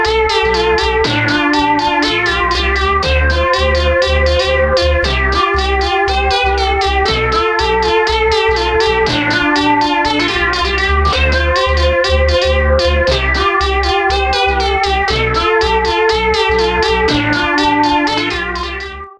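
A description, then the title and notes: A repeating electronic loop whose pitched, bending notes have a cat-like meowing quality. The pattern cycles steadily at an even, fairly quick pace over a deep, constant low bass, with processed, effected tones that stay loud and dense until a slight fade at the end. I made a loop with a noise I thought sounded like cats meowing.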